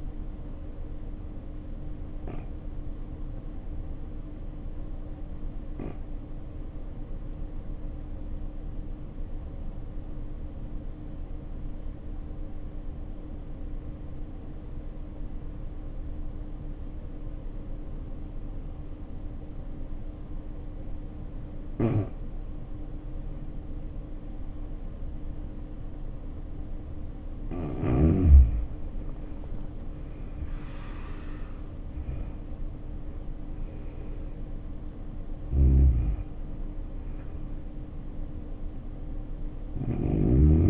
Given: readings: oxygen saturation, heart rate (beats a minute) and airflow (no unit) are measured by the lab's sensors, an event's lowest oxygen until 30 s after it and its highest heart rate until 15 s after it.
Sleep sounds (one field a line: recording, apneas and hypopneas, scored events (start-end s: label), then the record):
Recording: breathing in sleep by a smartphone at the bedside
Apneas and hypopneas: 1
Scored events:
4.00-28.70 s: obstructive apnea (N1, oxygen 93% highest, then 80% lowest, heart rate 63 at the start, 71 highest)
From the record:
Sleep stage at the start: N1 (lightest sleep)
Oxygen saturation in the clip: 83 to 94%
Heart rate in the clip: 55 to 71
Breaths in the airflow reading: 3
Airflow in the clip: -9.9 to 9.7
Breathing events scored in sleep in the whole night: 520 in 7.2 hours asleep